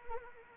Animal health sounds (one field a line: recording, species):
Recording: mosquito wingbeat signal from an infrared sensor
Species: Anopheles arabiensis